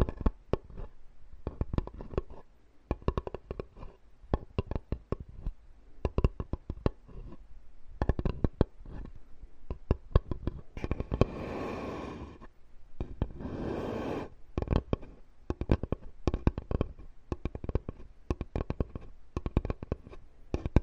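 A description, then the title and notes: Wood is handled, with a dense run of sharp, dry clacks and taps throughout. Around the eleventh and fourteenth seconds, two longer rasping scrapes stand out, gritty and fairly bright, before the clattering resumes. This episode is Wood Scraping.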